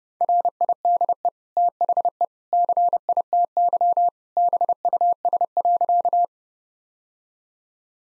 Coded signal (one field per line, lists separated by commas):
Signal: Morse code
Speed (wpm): 30 wpm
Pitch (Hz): 700 Hz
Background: none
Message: RIDE THE CITY BUS.